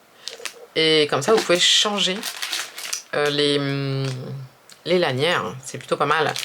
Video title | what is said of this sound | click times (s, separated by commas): #VLOG14 Crochet - Retour du Mug - Mon sac préféré | ensuite le la lanière va se clipser tac ici et | 0.3 s, 0.5 s